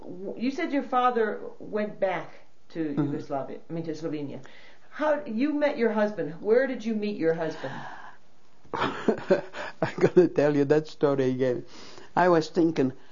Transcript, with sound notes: you said your father went back to Yugoslavia, I mean, to Slovenia. How, you met your husband. Where did you meet your husband?
( she laughs ) I'm going to tell you that story again. I was thinking,